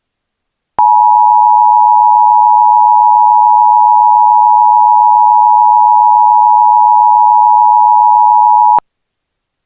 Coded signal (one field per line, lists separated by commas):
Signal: Emergency Alert System (SAME) tones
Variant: 853 and 960 Hz attention tone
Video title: EAS: Mandatory Evacuations/Hurricane Warnings for Florida from Hurricane Idalia │ NOAA Weather Radio